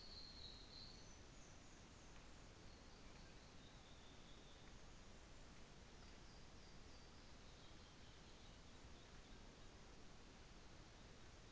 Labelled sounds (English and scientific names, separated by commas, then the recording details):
New Zealand Fantail (Rhipidura fuliginosa)
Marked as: faintness 5/5
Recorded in New Zealand on 24 December 2018
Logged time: 13:40